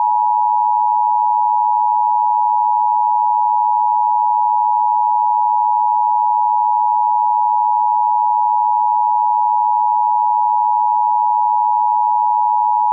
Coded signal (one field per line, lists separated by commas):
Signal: Emergency Alert System (SAME) tones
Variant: 853 and 960 Hz attention tone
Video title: EAS Scenario | Tamagotchis!